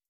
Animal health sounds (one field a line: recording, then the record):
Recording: hydrophone in a shrimp aquaculture tank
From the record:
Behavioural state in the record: starved